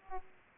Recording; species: mosquito wingbeat signal from an infrared sensor; Aedes aegypti